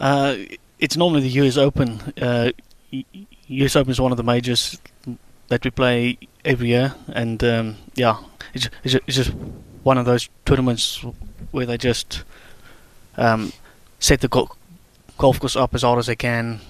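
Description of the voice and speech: An adult man, a PGA golfer who stutters, speaks with drawn-out filler sounds, a repeated 'it', and a silent block that breaks 'golf' into a stopped 'g' before the word is released. Frequent pauses interrupt the flow between these disruptions, which are typical of stuttering.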